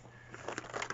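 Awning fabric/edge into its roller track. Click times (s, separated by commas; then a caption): 0.6 s. An awning's fabric edge is guided by hand into its roller track, with crinkly rustling and a handful of short taps throughout. The sharpest pop, at 0.6 s, is the awning seating into place on the roller.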